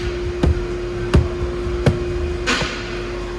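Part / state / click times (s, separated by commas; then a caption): side mirror glass into mirror housing / seated / 0.4 s, 1.1 s, 1.9 s. The passenger side rear view mirror glass of a 2017 Subaru Impreza is slapped back into place on the mirror housing, and three short sharp clicks at 0.4, 1.1 and 1.9 seconds mark its plastic clips engaging. A steady low hum runs underneath, with a brief broader rustle near 2.5 seconds. The glass ends up seated on its clips.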